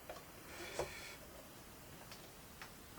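A plastic piece of a Minecraft-style block lamp kit is pushed further onto its mating part in the housing, giving short plastic clicks at 2.1 s and 2.6 s. The snap-fit piece goes partly in but will not go fully home and won't go any further.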